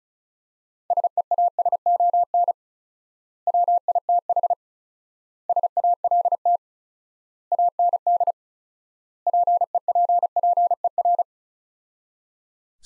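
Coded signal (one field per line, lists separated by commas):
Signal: Morse code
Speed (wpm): 34 wpm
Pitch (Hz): 700 Hz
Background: none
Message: SEASON WITH SALT AND PEPPER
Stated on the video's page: Morse practice sets of five words at 35 wpm with 4x word spacing, a word-based Farnsworth-like method for head-copying phrases.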